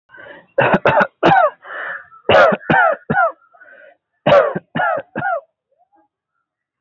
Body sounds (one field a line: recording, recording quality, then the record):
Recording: shallow voluntary cough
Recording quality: moderate, slight background noise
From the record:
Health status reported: healthy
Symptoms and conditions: none ticked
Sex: male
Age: 25 years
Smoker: not ticked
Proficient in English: yes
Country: India